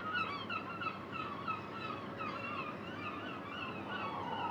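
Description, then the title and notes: Gulls calling, a series of mewing cries repeated throughout over steady wind and low rumbling background noise. Recorded at 9 Quai Thurot, Boulogne-sur-Mer, France, in wind. "Quai Thurot, Boulogne-sur-Mer, France - Mouettes. Prise de sons : JF CAVRO"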